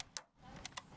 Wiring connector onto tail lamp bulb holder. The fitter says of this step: okay we're going to re-clip that connector on and you're listening for it to click in place there